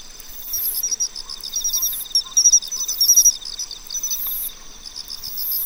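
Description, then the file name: Pine cricket giving chirped phrases over a fast trill, with shrill high insect bursts recurring. "Matsumushi"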